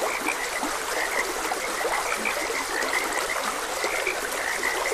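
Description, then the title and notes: Frogs calling in a busy chorus of brief croaks, evenly sustained, alongside the continuous hiss of flowing water. Frogs croaking beside a gentle stream, presented as calming nature ambience for rest and sleep. "Frogs Croaking. Sleep and Relaxation Podcast"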